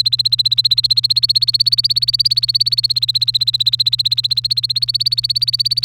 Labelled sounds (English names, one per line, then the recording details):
Domestic Canary song
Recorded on 3 May 2018 at 06:58
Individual llb3